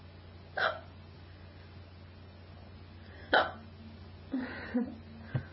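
An adult woman hiccups repeatedly, with short, abrupt bursts at irregular intervals. It is her third bout of hiccups that day.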